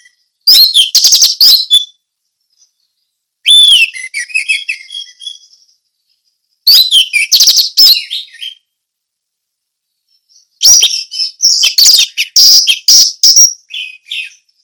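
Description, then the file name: Orange-headed thrush song: loud bursts of rich, varied whistles and rapid chattering notes, four separate phrases with clear silent pauses between them. Indonesian local name anis merah; song style called ngeplong teler. "suara anis merah ngeplong teler"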